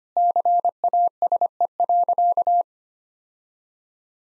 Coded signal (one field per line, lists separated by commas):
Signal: Morse code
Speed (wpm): 25 wpm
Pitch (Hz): 700 Hz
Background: none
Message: CASE.